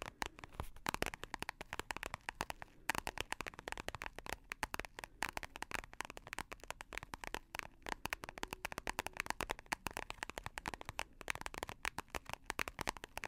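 Dense, rapid tapping runs through the whole clip, a steady stream of sharp little clicks with a crisp, bright edge. The taps come in quick irregular flurries with only brief gaps, like fingertips drumming on a hard surface, and the level stays even throughout.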